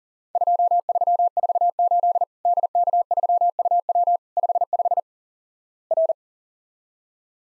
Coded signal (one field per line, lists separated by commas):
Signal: Morse code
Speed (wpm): 38 wpm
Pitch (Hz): 700 Hz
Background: none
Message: 2348 DK3UW 55 R